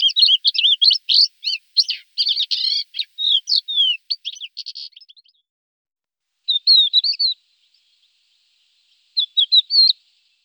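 Thekla's lark song: a dense run of twittering, buzzy notes lasting about five seconds, followed after pauses by two brief fragments of chirps.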